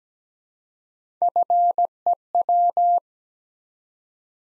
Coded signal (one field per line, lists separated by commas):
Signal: Morse code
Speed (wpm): 17 wpm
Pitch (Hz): 700 Hz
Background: none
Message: FEW